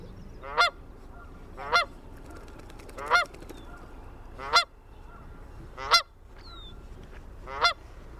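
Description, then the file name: Canada goose honking, six strong nasal calls spaced roughly every one to one and a half seconds, a thin high whistle once in between. A family of Canada geese, recorded 22 June 2001. "2001-06-22 Canada Goose Family"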